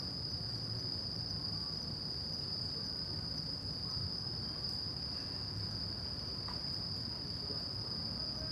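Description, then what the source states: Crickets trill without pause at a high, even pitch, with a few faint clicks and a low traffic rumble beneath. Crickets at night in Shinjuku Gyoen Park, Shinjuku, Tokyo, Japan; recorded with DPA 4060 AB microphones into a Deity PR-2.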